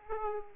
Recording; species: mosquito wingbeat signal from an infrared sensor; Aedes aegypti